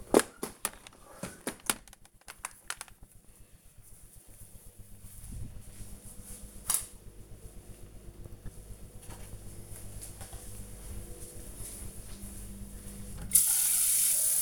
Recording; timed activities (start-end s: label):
household activities, microphone on the right wrist
7.43-14.41 s: watering plant